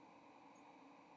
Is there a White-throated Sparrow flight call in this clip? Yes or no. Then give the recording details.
no. Another species' flight call is heard. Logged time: 08:49 on 30 October 2014